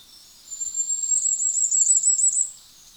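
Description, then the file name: Common firecrest singing a thin, very high run of quick repeated notes, rising slightly in strength, with soft background twittering. "tuzesfeju kiralyka Regulus ignicapilla"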